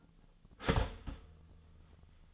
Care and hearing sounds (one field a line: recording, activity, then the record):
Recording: daily activity, microphone in the room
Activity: start toaster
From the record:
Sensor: 4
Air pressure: 1010.0 hPa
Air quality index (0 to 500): 182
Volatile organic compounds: 6 ppm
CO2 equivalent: 1839 ppm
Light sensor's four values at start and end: 22/67/26/26 and 22/67/26/26